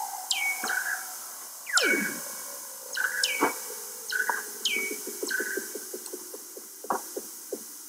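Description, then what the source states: Seal calls: repeated high, sharp downsweeping chirps, a long falling sweep, and a rapid series of short pulses. Antarctic seal.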